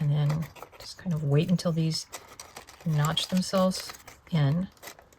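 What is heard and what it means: A die-cut cardstock circle is slid onto the bottom of a pop-up card mechanism, to be worked until it notches into its slot. Someone talks throughout, with faint paper handling and a few small ticks near the end around 5.0–5.2 s. Nothing has seated or clicked yet.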